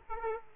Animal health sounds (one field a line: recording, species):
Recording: mosquito wingbeat signal from an infrared sensor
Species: Aedes aegypti